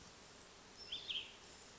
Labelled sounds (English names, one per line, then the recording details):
Cassin's Vireo
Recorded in Sonoma County, California